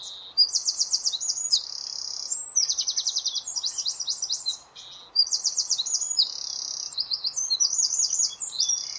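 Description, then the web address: Bird song of rapid high trilled phrases, each a quick series of sharp descending notes, alternating with short buzzy segments, continuing for about nine seconds. "cianscape birddata Deverinetal 2025"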